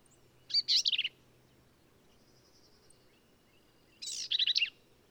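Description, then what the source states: Black-capped vireo song: two short emphatic phrases of rapid, buzzy, slurred notes a few seconds apart, with a faint low hum beneath. Male singing, same individual throughout; endangered species; phrases sung alone, truncated, embellished or run together; Kerr Wildlife Management Area, Hunt, Texas hill country.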